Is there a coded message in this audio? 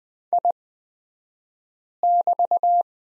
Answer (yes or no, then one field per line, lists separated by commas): yes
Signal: Morse code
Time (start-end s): 0.3-2.8 s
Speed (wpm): 20 wpm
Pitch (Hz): 700 Hz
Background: none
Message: I<BT>